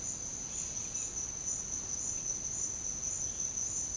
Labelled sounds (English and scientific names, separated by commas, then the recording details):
none
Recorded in pastures near Puerto Asís, Putumayo, Colombia, on 13 March 2025 at 11:00
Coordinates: 0.502, -76.324
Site GP07